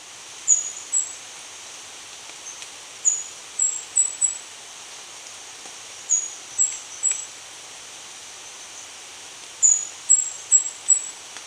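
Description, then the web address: Indigo flowerpiercer song: short groups of two to four very high, thin, clipped notes, separated by pauses of a few seconds. Recorded in Ecuador. "Natures Songs S America Birds of Ecuador Indigo Flowerpiercer"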